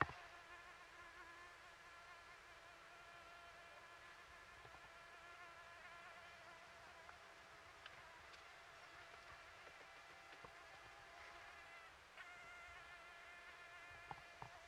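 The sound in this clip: Mosquito buzz, a thin steady high whine with many harmonics that holds almost unchanged throughout, with a few faint clicks.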